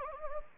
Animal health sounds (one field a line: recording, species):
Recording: mosquito wingbeat signal from an infrared sensor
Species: Anopheles gambiae